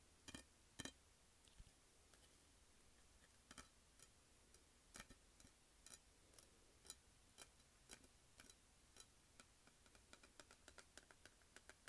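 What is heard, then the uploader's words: Tapping and scratching on a makeup palette, made of sharp, dry clicks that land every half second or so across the twelve seconds. Some taps come in quick pairs, and a few early ones hit harder. A faint steady hiss sits underneath. Tapping and scratching makeup pallet.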